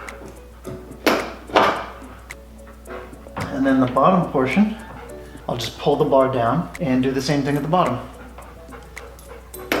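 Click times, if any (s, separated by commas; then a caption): 9.7 s. Someone talks while the bottom end of a Dee Zee DZ43301 tailgate assist bar is pulled down and pushed over the lower ball stud mount on a 2017 Dodge Ram pickup tailgate. A few faint knocks lead up to a sharp snap at 9.7 s as the bar's socket seats onto the ball mount, and the bottom connection is then confirmed secure.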